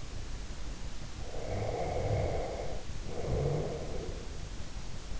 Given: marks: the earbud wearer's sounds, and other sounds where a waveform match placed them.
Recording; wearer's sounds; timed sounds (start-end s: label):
sounds in sleep by an in-ear microphone; snoring breath
1.17-4.52 s: snoring breath